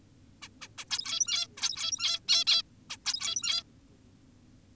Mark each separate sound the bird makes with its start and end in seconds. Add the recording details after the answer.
0.42-0.48, 0.62-0.68, 0.78-0.85, 0.90-1.47, 1.58-2.20, 2.28-2.45, 2.47-2.62, 2.90-2.97, 3.06-3.63. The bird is an adult. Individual g17y2U